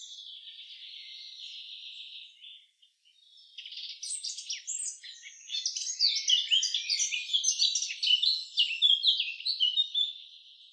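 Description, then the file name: Eurasian blackcap song: soft scratchy chatter at first, a brief gap, then a loud, hurried warble of sweet, varied notes. "Sylvia atricapilla"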